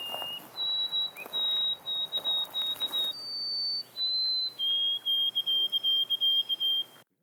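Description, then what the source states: White-throated Sparrow song: pure whistled notes held long, then a run of quick repeated whistles. Example of song dialects, regional song variants within the species, showing cultural evolution with continent-wide shifts in song dialects.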